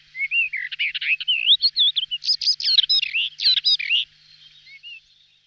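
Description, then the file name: Rufous-tailed rock thrush singing a fast, continuous phrase of fluty whistles and chattering notes, then dropping to soft trailing notes. "Drozd pestryy kamennyy"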